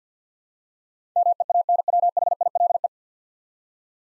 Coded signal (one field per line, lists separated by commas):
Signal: Morse code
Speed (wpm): 50 wpm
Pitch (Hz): 700 Hz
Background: none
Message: MEANWHILE